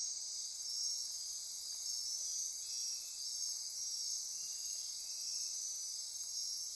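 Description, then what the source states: Insects calling together in a continuous shrill chorus, layered high trills with softer pulsed notes swelling and fading underneath. Insect chorus recorded at midnight near Corcovado.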